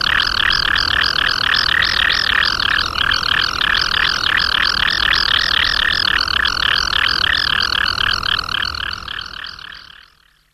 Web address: common kingfisher